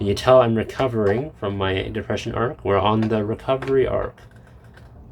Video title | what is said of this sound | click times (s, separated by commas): extremely doomed full PC build | Oh, that's that didn't click. Hold on. | none